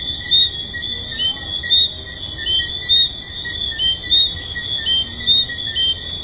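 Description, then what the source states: Tree frog chorus with sharp whistled notes repeating about once a second over overlapping steady high tones. Recorded at the Hedonism II resort.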